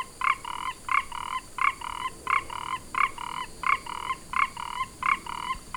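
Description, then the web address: Four-ridged toad calling: paired nasal notes, a short bright note then a longer buzzy one, repeated steadily about every 0.7 seconds over faint background hiss. "sounds Ingerophrynus quadriporcatus"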